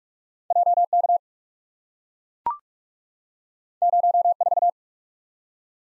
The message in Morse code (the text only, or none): J K 0 4